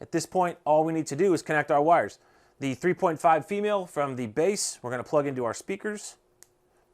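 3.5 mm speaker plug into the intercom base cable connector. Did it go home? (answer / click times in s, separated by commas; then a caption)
yes / 6.4 s. Someone talks while connecting the wires inside a helmet, plugging the 3.5 mm female lead from the intercom base into the helmet speaker connector. A sharp click at 6.4 seconds marks the 3.5 mm plug snapping fully into the socket, seated.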